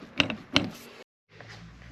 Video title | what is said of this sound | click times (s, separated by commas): Harbor Freight BADLAND 3 Ton Off-Road Jack complete review and assembly then we're going to use it. | wonky, or you can push it down and it locks into place. | 0.2 s, 0.6 s